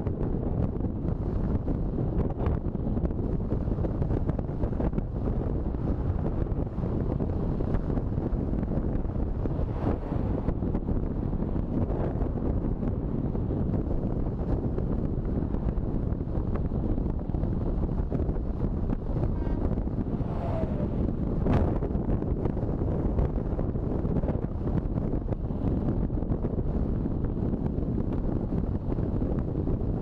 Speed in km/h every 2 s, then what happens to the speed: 29, 29, 29, 29, 28, 30, 30, 32, 32, 35, 35, 36, 37, 39, 40.
0-13 steady at about 29. 13-30 speeds up to 40.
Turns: none.